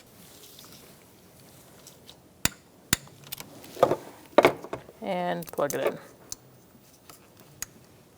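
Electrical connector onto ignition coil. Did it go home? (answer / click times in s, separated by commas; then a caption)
yes / 7.6 s. A plastic electrical connector is plugged onto the ignition coil of a 2012-2018 Ford Focus 2.0L L4 during a valve cover replacement, and it clicks and locks in at 7.6 s. Before that, someone talks, and there are sharp taps and handling noises around 2.4 to 4.5 s.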